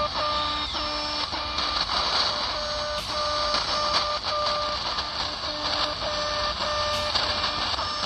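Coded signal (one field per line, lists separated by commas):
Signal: channel marker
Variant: The Alarm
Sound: repeating buzzy harmonic tone bursts with brief gaps, over crackling shortwave noise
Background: radio static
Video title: SW DX "The Alarm" - Russian military commandment network communication, reception in Sofia, Bulgaria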